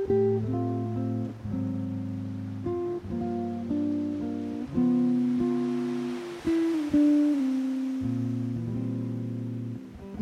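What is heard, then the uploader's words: A classical guitar improvises slowly over the sound of waves, letting chords ring and overlap in a low to middle range. Changes come every second or so, with a brief higher melodic run near the middle, while a soft wash of surf sits underneath. Guitar & Sea. Laid back improvisation on classical guitar to sound of waves.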